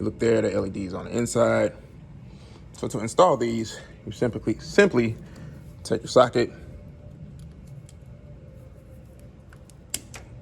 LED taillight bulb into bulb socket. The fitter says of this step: you push it until it snaps whoa i